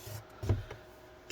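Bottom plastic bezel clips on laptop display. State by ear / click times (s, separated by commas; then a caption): not seated / none. Pressing on the bottom edge of the plastic display bezel of a Dell Inspiron 15 7000 Series 7579 2-in-1 laptop to clip it into place gives a few soft, low presses and knocks around 0.5 s and 0.7 s, and a brief sharp sound right at the end. Nothing has clicked or seated yet: the bottom bezel clips fail to click in, likely because the clips near the hinge are broken.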